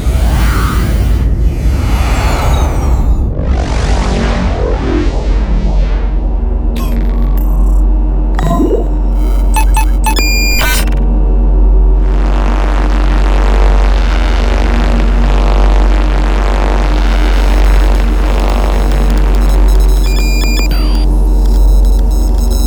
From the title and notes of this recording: Battlecruiser - Spaceship Sound Effects.